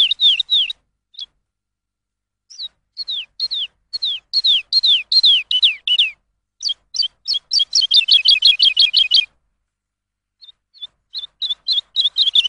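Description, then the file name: Lark song of varied phrases: slower downslurred whistles, then a dense rapid chatter of chirps, a pause, and a further repeated series. Lark song used as a tutor for training songbirds. "suara masteran lark"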